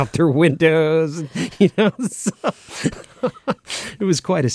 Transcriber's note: laughing